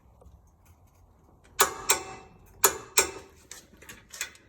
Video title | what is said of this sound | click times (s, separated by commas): Rsx BC Racing coilover install | Once you hear those two clicks, that's how you know it's set to the torque specification that you want. | 2.6 s, 3.0 s